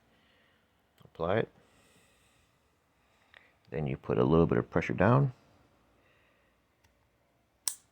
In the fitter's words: and then you hear that click,